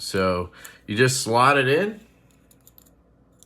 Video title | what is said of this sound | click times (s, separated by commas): 3 Awesome But Different Knives! | it's real simple, honestly. And then it locks into place like that. | 3.4 s